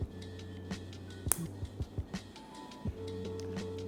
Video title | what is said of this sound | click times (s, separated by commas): Shure SE215 Unboxing — Are These the BEST Budget IEMs? (First Impressions)" | If you heard this snap, that's what it's doing, it's snapping in and out. | 1.3 s